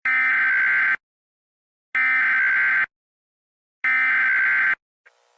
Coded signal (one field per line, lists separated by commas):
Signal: Emergency Alert System (SAME) tones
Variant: header bursts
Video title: WISCONSIN AMBER ALERT EAS 3/8/21